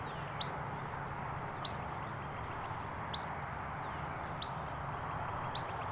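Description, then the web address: Gray flycatcher calls: five crisp single notes at fairly even intervals, with fainter notes between, against steady background hiss. "lbrc grfl dobbs"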